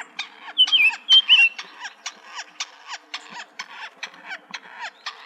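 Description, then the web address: Gila woodpecker delivering fast repeated sharp notes, nearly four a second, with a few brief whistled warbling notes mixed in. Recorded in Arizona on 24 April 2004. "Woodpeckers AZFO GIWO deviche 042404"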